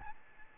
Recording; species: mosquito wingbeat signal from an infrared sensor; Aedes albopictus